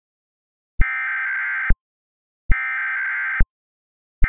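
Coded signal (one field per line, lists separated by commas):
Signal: Emergency Alert System (SAME) tones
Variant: header bursts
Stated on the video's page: Self-made SAME tones, headers possibly not fully valid.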